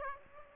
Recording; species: mosquito wingbeat signal from an infrared sensor; Aedes aegypti